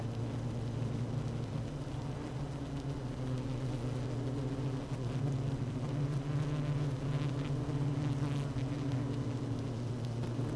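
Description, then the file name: Honey bee hive hum, low and rumbling, with a steady buzzing drone that shifts a little in pitch. Hive 1 with its queen, recorded 12 June 2018 at 16:30. "Hive 1 12 06 2018 Queen Bee H 1 audio 16 30 00"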